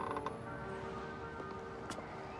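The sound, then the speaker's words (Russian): The door of a house in Dublin creaks open with a sustained, squeaky groan of steady tones, broken by a short sharp click near the end. No voices. “Бен открыл дверь и ударил его.”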